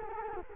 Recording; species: mosquito wingbeat signal from an infrared sensor; Culex quinquefasciatus